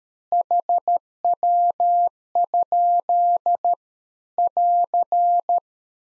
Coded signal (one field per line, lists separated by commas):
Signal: Morse code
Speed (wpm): 13 wpm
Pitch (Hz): 700 Hz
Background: none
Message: HW? <AR>